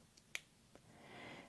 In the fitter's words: but really you kind of just have to push it in you'll hear a snap